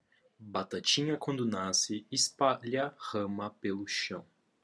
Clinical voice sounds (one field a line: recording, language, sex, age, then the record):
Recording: short text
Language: Brazilian Portuguese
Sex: male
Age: 18 to 19 years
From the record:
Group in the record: control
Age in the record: 19 years